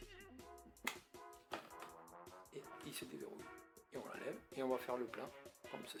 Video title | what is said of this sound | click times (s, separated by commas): koticidsin DEFROISSER vapeur 2022 | l'enlever pour refaire le plan il suffit d'appuyer il se déverrouille et | 0.9 s